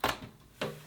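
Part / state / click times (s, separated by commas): memory module in motherboard DIMM slot / released / 0.0 s, 0.6 s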